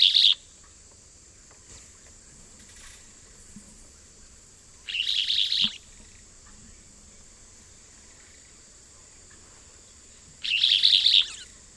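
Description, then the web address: Rufous-bellied euphonia calls: short buzzy bursts repeated roughly every five seconds, three in all, with a thin insect hum beneath. Eastern lowlands of South America. "Natures Songs S America Eastern Lowlands Rufous-bellied Euphonia"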